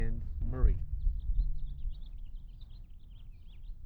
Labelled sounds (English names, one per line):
House Finch song